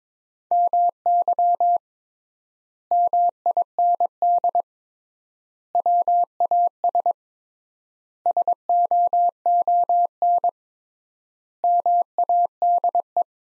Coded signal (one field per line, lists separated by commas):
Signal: Morse code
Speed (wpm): 22 wpm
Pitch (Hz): 700 Hz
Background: none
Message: MY MIND WAS SOON MADE